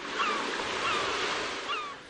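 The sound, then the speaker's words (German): Steady wash of Mediterranean Sea waves, recorded with a directional microphone through an open window in an area with few tourists: a broad continuous hiss of surf with gentle swells in loudness, and a few faint high chirping gull calls drifting over it. “Ich habe zur Erfrischung mal das Fenster aufgemacht und ein Richtmikrofon in Richtung Meer, Mittelmeer gehalten.”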